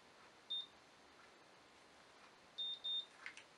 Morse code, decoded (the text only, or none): none